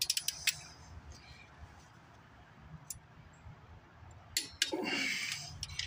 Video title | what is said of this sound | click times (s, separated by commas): Part 2 of changing head gaskets on 94 Chevy Silverado. | When you hear that click, it's time to stop. You do not pull anymore after it clicks. | 4.6 s